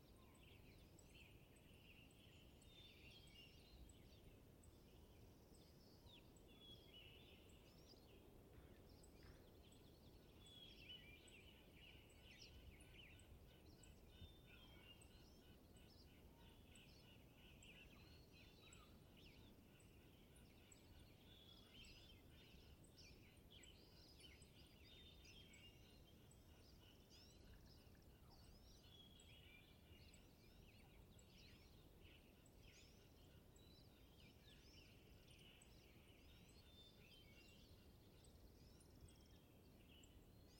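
A steady chorus of many overlapping birds chirps and trills throughout, with a soft, constant low rumble of wind underneath and faint repeated ticking.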